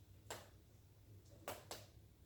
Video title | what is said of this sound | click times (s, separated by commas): How I frame my diamond paintings (using a wood frame)!! | Yeah, I've heard some clicking. | 0.3 s, 1.5 s, 1.7 s